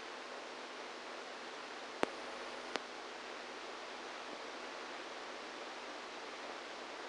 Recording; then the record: brain microelectrode recording played as sound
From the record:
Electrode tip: inside the subthalamic nucleus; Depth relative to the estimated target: -4 mm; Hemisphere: right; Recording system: NeuroSet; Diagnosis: Parkinson's disease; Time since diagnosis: 27 years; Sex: male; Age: 62 years